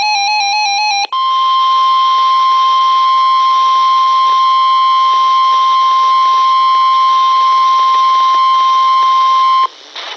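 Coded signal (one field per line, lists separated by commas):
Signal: Emergency Alert System (SAME) tones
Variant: 1050 Hz attention tone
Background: music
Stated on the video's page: Severe thunderstorm warning from the Weather Forecast Office in Sterling, VA, recorded from a Radioshack 12-382 weather radio.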